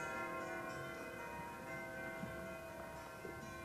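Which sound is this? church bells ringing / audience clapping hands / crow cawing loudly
church bells ringing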